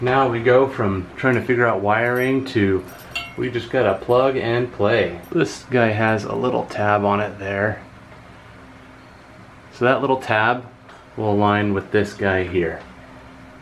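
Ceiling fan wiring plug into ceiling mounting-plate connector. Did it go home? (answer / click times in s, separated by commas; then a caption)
no / none. Someone talks while holding a Harbor Breeze Cooperstown ceiling fan's quick-connect wiring plug and lining its small tab up with the mating connector on the ceiling mounting plate, in a home over 100 years old. Between the stretches of talk there is only a quiet hum. Nothing has been plugged in or clicked yet.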